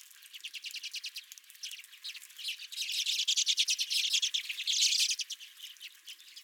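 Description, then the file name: Redpolls chatter with fast, rattling chip notes that build to a louder burst of twitters in the middle, then quieten. Redpolls at the recordist's feeder. "Redpolls at My Feeder"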